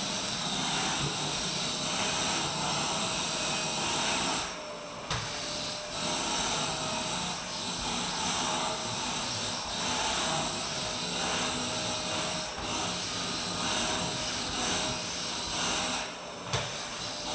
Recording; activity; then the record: daily activity, microphone in the room; vacuum cleaning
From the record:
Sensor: 2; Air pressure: 1001.8 hPa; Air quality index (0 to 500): 248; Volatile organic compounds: 39 ppm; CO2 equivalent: 3130 ppm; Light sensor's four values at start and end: 8/27/10/10 and 8/27/10/10